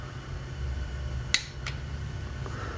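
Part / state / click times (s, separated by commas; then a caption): click-type torque wrench on cylinder head bolt / torque reached / 1.3 s. A click-type torque wrench, reset to a higher setting, is turned on a Subaru cylinder head bolt during the second step of the head gasket torque sequence. Over a low steady hum, it gives one sharp, bright click at 1.3 s, followed by faint softer ticks. The wrench clicks at its setting, confirming the bolt has reached the set torque.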